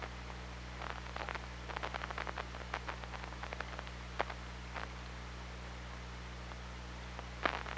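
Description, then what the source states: Killer whale echolocation clicks: a rapid, irregular train of sharp clicks through the first five seconds, then sparse single clicks, over a steady low hum and hiss. Underwater hydrophone recording from OrcaLab, 24 August 2017, around 13:57.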